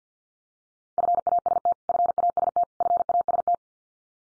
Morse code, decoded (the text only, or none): FAST FAST FAST